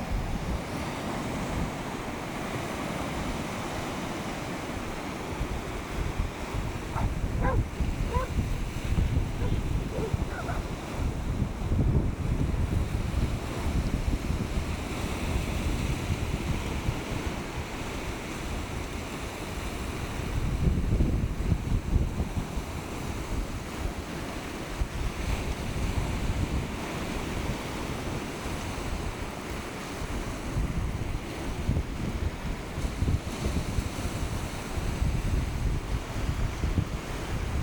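Waves wash steadily onto a beach, a dense, low rumble that swells and eases, peaking near twenty seconds and again around twenty-five. Wind buffets the microphone throughout. Brief brighter sounds near seven to ten seconds could be voices or dogs.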